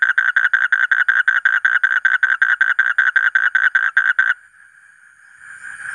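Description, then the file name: Asian common toad producing a steady trill of rough, evenly spaced pulses for about four seconds, followed by quiet background noise. "suara kodok bangkong kolong kodok buduk"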